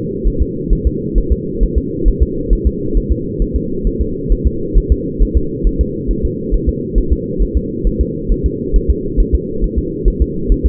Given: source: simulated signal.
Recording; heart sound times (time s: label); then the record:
fetal heart sounds
0.27 s: S1
0.42 s: S2
0.73 s: S1
0.87 s: S2
1.18 s: S1
1.32 s: S2
1.63 s: S1
1.78 s: S2
2.08 s: S1
2.23 s: S2
2.53 s: S1
2.67 s: S2
2.97 s: S1
3.12 s: S2
3.42 s: S1
3.56 s: S2
3.87 s: S1
4.01 s: S2
4.32 s: S1
4.47 s: S2
4.78 s: S1
4.92 s: S2
5.22 s: S1
5.37 s: S2
5.67 s: S1
5.81 s: S2
6.11 s: S1
6.25 s: S2
6.54 s: S1
6.69 s: S2
6.98 s: S1
7.12 s: S2
7.42 s: S1
7.57 s: S2
7.87 s: S1
8.01 s: S2
8.32 s: S1
8.46 s: S2
8.76 s: S1
8.91 s: S2
9.20 s: S1
9.35 s: S2
9.64 s: S1
9.79 s: S2
10.08 s: S1
10.22 s: S2
10.52 s: S1
10.66 s: S2
From the record:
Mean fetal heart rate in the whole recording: 135 bpm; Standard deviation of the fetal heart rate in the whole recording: 3 bpm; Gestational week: 36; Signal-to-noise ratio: -6.6 dB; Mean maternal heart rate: 72 bpm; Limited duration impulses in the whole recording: present